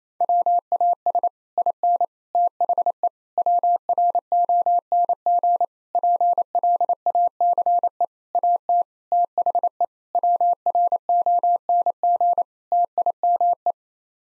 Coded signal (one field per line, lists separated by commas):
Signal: Morse code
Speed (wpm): 28 wpm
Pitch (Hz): 700 Hz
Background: none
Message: WAS IN THE WRONG PLACE AT THE WRONG TIME